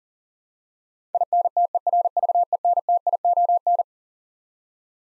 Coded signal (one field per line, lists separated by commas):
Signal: Morse code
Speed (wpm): 40 wpm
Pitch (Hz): 700 Hz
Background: none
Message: INTERVENTION